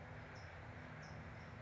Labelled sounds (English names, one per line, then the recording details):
California Towhee
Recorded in Sonoma County, California